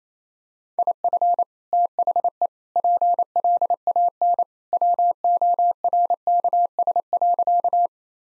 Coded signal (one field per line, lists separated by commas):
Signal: Morse code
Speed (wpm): 27 wpm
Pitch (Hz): 700 Hz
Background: none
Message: IF THE PLAN WORKS.